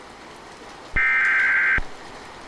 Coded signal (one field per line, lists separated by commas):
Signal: Emergency Alert System (SAME) tones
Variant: header bursts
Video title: [Mini EAS Redux] Ion Lake